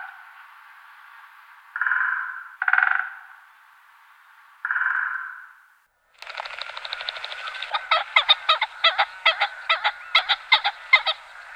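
Bird giving harsh, nasal honking notes, three drawn-out blasts, then a fast run of rasping pulses that rises in loudness toward the end.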